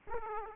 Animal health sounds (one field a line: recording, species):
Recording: mosquito wingbeat signal from an infrared sensor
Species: Aedes aegypti